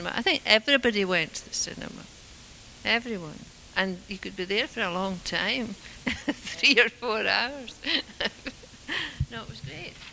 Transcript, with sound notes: I think everybody went to the cinema, everyone. And you could be there for a long time, [laughs] three or four hours. [laughs] No, it was great.